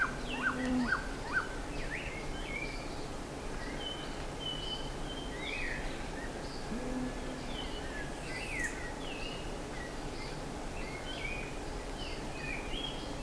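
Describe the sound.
Bird: brief burst of repeated bird notes at the start, followed by scattered faint chirps and whistles over a low rumble.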